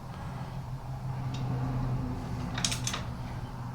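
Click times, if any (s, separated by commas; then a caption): 2.6 s. A click-type torque wrench tightens a front suspension bolt on a Polaris Outlaw 450/500/525 ATV until it reaches the torque spec. Over a low steady hum, a short burst of sharp metallic ticks peaks in a distinct click at 2.6 seconds, showing that spec has been reached.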